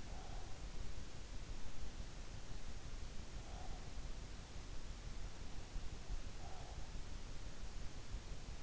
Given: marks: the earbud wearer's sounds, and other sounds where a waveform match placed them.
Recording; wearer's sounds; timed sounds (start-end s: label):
sounds in sleep by an in-ear microphone; breath
0.00-0.92 s: breath
3.32-4.08 s: breath
6.09-7.04 s: breath